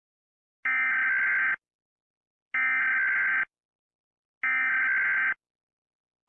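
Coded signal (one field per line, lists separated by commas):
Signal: Emergency Alert System (SAME) tones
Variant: header bursts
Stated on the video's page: Fictional EAS scenario about EF5 tornadoes, simulated.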